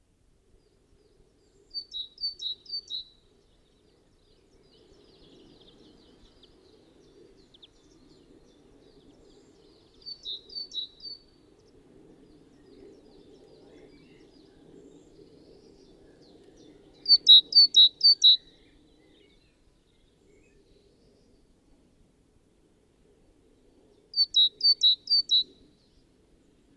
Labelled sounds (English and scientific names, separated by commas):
Great Tit (Parus major) song